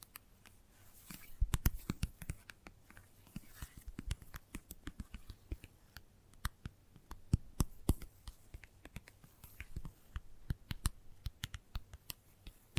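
Gentle tapping, a steady run of short, crisp taps and clicks with uneven spacing, sometimes in quick clusters. A few sharper, louder taps stand out near 1.5, 2, 7.5 and 10.5 seconds over a soft, quiet hiss, with no voice.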